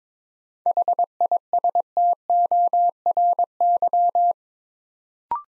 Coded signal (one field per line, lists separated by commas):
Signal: Morse code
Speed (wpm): 22 wpm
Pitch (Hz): 700 Hz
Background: none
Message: HISTORY